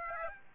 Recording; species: mosquito wingbeat signal from an infrared sensor; Aedes aegypti